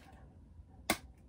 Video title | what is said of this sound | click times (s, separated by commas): Unboxing and Reviewing the Vaulted Vinyl “Display Vault XL” 👌 | you go there's the there's the release click happy | 0.9 s